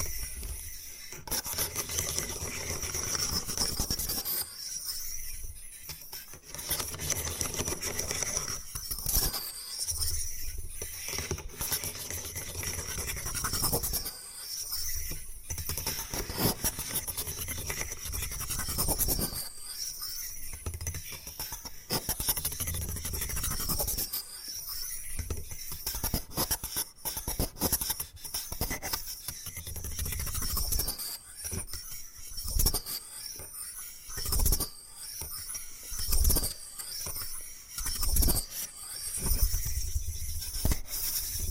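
Bamboo being scratched and brushed in rough, rasping strokes that come in bursts every few seconds, separated by brief quieter gaps. The texture is dry and gritty, with sharp tapping clicks scattered throughout and a faint high hiss underneath.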